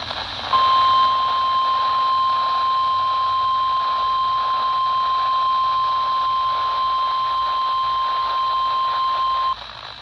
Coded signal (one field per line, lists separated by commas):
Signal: Emergency Alert System (SAME) tones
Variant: 1050 Hz attention tone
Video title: (EAS “#125”) Required Weekly Test from WNG628 (Georgetown, SC) - 10/18/2023